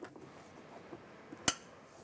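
A power liftgate actuator's electrical harness connector on a 2015-2020 Cadillac Escalade is pushed into its mating vehicle plug. After a few faint soft taps, one loud, sharp, bright click rings out at 1.5 seconds. The connector is seated.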